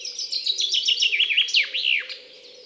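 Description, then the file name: Common chaffinch song: a rapid run of high chirpy notes stepping downward, ending in a brisk sweeping flourish, about two seconds long, over a faint low hum. "Fringilla coelebs"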